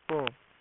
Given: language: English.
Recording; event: throat vibration sensor signal played as sound; speech